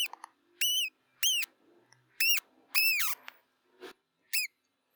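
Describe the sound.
Mouse making a few short, high squeaks at irregular intervals, with faint low rustling between them.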